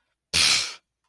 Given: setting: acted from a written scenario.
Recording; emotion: vocal sound without words; contempt